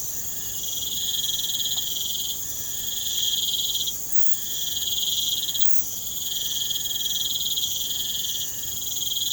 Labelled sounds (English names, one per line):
none